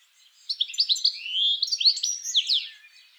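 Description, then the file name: European goldfinch twittering: a lively run of liquid, tinkling notes, some rising and some falling, tumbling quickly for about two seconds. "Carduelis carduelis"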